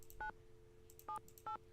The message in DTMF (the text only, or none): 978